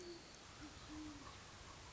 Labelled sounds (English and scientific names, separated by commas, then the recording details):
Great Horned Owl (Bubo virginianus)
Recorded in Sonoma County, California